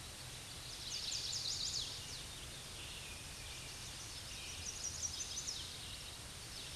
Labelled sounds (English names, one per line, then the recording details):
Chestnut-sided Warbler song
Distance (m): 50 m
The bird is about 15 m above the microphone
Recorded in a Pennsylvania forest on 16 May 2024 at 07:32
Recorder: AudioMoth, point MSD-2163
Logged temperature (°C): 16.1 °C
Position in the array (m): 135 m, 125 m